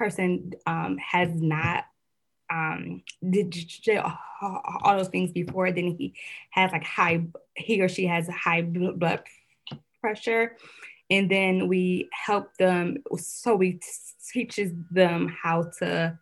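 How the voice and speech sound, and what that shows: A woman speaks quickly with filled pauses, stretched vowels and a part-word repetition on "b-blood", broken by short silent gaps. These are stuttering-like disfluencies in an adult speaker who stutters, mild in this stretch of fast conversational speech.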